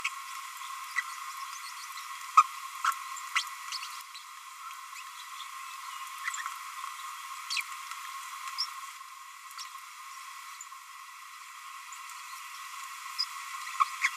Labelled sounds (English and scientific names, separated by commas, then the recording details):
Green-rumped Parrotlet (Forpus passerinus) babbling
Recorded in a nest box in Venezuela
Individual 18B25A5